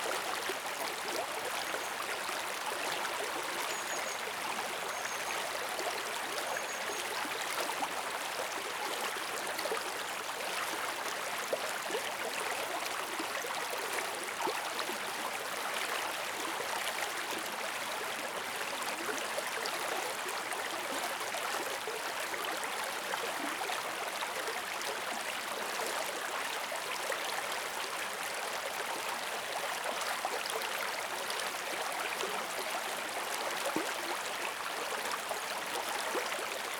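A small river flows by in a steady, dense rush, its hiss and splash filling the middle and upper range while the low end stays thin. The level holds even for the whole stretch, with no distinct events, just constant water movement.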